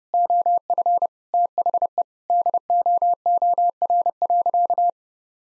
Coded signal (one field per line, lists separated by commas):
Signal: Morse code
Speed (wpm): 30 wpm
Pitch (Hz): 700 Hz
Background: none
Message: OF THE DOOR.